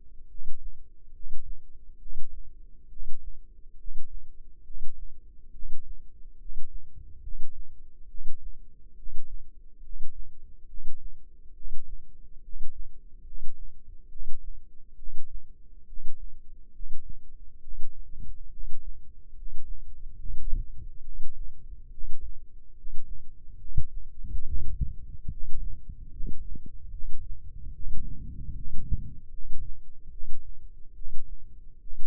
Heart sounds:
heart sounds by microphone in the left ear; 70 bpm
0.26 s: heartbeat
1.11 s: heartbeat
1.97 s: heartbeat
2.87 s: heartbeat
3.75 s: heartbeat
4.62 s: heartbeat
5.50 s: heartbeat
6.36 s: heartbeat
7.19 s: heartbeat
8.06 s: heartbeat
8.94 s: heartbeat
9.80 s: heartbeat
10.65 s: heartbeat
11.52 s: heartbeat
12.40 s: heartbeat
13.22 s: heartbeat
14.07 s: heartbeat
14.94 s: heartbeat
15.84 s: heartbeat
16.70 s: heartbeat
17.59 s: heartbeat
18.48 s: heartbeat
19.32 s: heartbeat
20.14 s: heartbeat
21.00 s: heartbeat
21.89 s: heartbeat
22.73 s: heartbeat
23.56 s: heartbeat
24.43 s: heartbeat
25.28 s: heartbeat
26.08 s: heartbeat
26.89 s: heartbeat
27.72 s: heartbeat
28.52 s: heartbeat
29.29 s: heartbeat
30.09 s: heartbeat
30.93 s: heartbeat
31.78 s: heartbeat
From the record:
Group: healthy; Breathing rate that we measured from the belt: 19 breaths a minute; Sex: male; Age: 35 years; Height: 180 cm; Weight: 86.9 kg

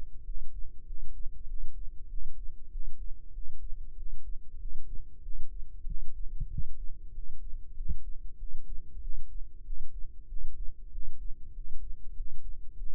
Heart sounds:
heart sounds by microphone in the left ear; 96 bpm
0.23 s: heartbeat
0.84 s: heartbeat
1.46 s: heartbeat
2.07 s: heartbeat
2.69 s: heartbeat
3.32 s: heartbeat
3.94 s: heartbeat
4.57 s: heartbeat
5.21 s: heartbeat
5.84 s: heartbeat
6.48 s: heartbeat
7.12 s: heartbeat
7.74 s: heartbeat
8.36 s: heartbeat
8.99 s: heartbeat
9.62 s: heartbeat
10.26 s: heartbeat
10.90 s: heartbeat
11.52 s: heartbeat
12.14 s: heartbeat
12.75 s: heartbeat
From the record:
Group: healthy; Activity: rest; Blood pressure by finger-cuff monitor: 92/64 mmHg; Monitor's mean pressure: 73 mmHg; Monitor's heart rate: 96 bpm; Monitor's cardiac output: 7.6 L/min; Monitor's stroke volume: 80 mL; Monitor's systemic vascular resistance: 680 dyn s/cm5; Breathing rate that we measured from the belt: 15 breaths a minute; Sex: male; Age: 19 years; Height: 178 cm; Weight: 83 kg

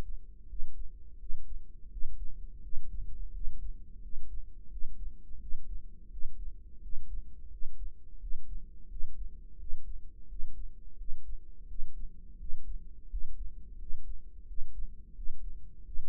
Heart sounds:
heart sounds by microphone in the right ear; 86 bpm
0.50 s: heartbeat
1.20 s: heartbeat
1.92 s: heartbeat
2.63 s: heartbeat
3.34 s: heartbeat
4.03 s: heartbeat
4.71 s: heartbeat
5.41 s: heartbeat
6.11 s: heartbeat
6.83 s: heartbeat
7.52 s: heartbeat
8.21 s: heartbeat
8.90 s: heartbeat
9.60 s: heartbeat
10.30 s: heartbeat
10.99 s: heartbeat
11.69 s: heartbeat
12.40 s: heartbeat
13.10 s: heartbeat
13.80 s: heartbeat
14.48 s: heartbeat
15.16 s: heartbeat
15.85 s: heartbeat
From the record:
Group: healthy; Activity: rest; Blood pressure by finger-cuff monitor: 140/90 mmHg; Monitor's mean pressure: 106 mmHg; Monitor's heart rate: 85 bpm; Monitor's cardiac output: 7 L/min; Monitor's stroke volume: 82 mL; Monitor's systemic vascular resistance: 1140 dyn s/cm5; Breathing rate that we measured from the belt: 18 breaths a minute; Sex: male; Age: 21 years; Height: 175 cm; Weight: 72.6 kg

